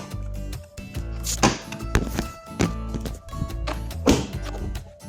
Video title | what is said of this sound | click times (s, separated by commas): SNOW JOE ION+ 24VOLT ELECTRIC SNOW BLOWER UNBOXING AND ASSEMBLY FROM WOOT.COM | Hear that snap? | 1.9 s